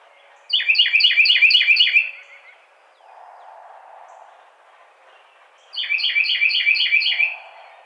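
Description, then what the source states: Carolina wren song: a loud, ringing phrase repeated about five times in quick succession, then after a pause a second, similar bout. Recorded 30 April 2009.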